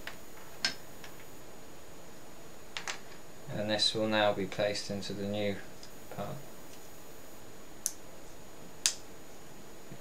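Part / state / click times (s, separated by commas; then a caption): phone internal component into replacement phone housing / seated / 7.9 s, 8.9 s. A component taken out of an old Nokia N8 case is pressed into a new replacement case part while someone talks. Two sharp clicks land at 7.9 s and 8.9 s as the component seats into the new housing.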